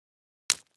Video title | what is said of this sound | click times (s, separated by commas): Heartware EMS Guide Title1 | allow it to naturally lock in place a good connection will result in an audible click confirm | 0.5 s